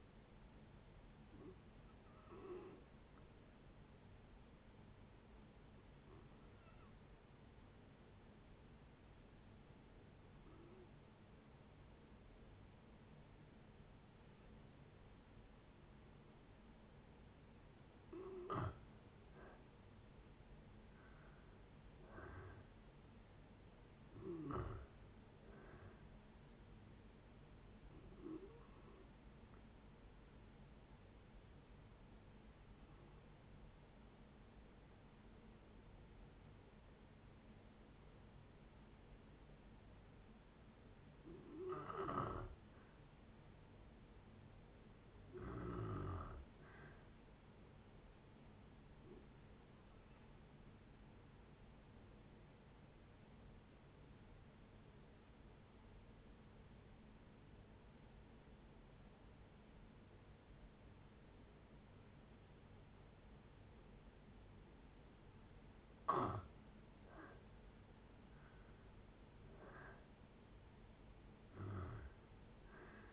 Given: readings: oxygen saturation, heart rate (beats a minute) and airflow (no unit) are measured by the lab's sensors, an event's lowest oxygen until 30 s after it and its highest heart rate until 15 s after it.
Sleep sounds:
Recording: breathing in sleep by a voice recorder at the bedside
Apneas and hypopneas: 3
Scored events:
3.00-19.00 s: hypopnea (N1, oxygen 96% highest, then 89% lowest, heart rate 71 at the start, 72 highest)
12.00-72.00 s: new sleep stage, N2 (light sleep)
28.00-41.80 s: hypopnea (N2, oxygen 94% highest, then 91% lowest, heart rate 71 at the start, 72 highest)
55.00-67.30 s: obstructive apnea (N2, oxygen 94% highest, then 84% lowest, heart rate 68 at the start, 73 highest)
72.00-73.13 s: new sleep stage, N1 (lightest sleep)
From the record:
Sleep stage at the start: N1 (lightest sleep)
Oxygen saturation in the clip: 87 to 96%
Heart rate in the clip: 60 to 73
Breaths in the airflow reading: 14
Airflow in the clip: -7.8 to 7.6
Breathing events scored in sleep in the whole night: 496 in 5.4 hours asleep

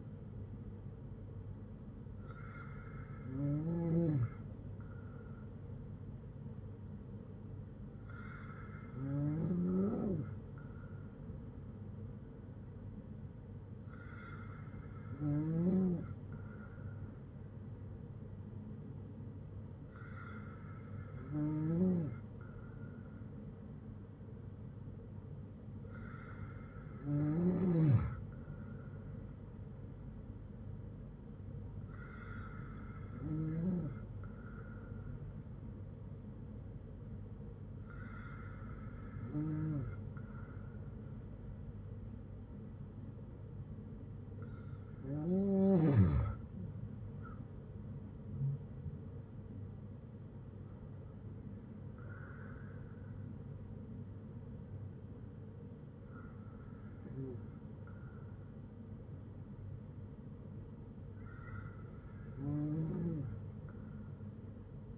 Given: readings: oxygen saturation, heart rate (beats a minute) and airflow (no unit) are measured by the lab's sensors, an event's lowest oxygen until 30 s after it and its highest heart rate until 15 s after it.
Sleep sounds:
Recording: breathing in sleep by a smartphone at the bedside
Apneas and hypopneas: none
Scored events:
none scored
From the record:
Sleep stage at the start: N2 (light sleep)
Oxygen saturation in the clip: 93 to 96%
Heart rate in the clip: 54 to 70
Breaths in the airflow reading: 11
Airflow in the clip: -5.9 to 7.7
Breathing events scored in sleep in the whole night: 182 in 7.4 hours asleep

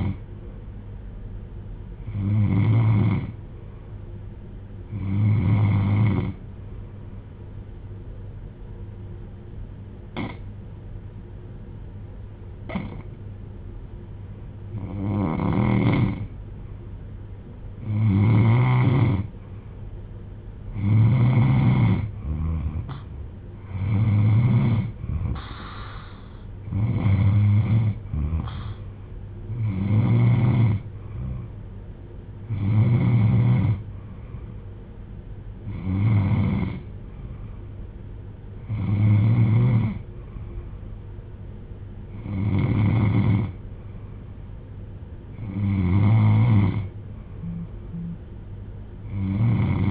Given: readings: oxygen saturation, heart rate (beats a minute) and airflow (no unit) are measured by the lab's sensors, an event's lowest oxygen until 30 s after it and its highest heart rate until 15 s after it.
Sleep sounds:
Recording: breathing in sleep by a smartphone at the bedside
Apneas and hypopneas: 1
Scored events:
7.00-26.60 s: hypopnea (N3, oxygen 95% highest, then 90% lowest)
From the record:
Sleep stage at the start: N3 (deep sleep)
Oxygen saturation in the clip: 90 to 95%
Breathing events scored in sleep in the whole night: 310 in 8.1 hours asleep

